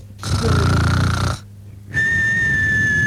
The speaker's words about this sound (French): Elle ronfle en québécois, attention.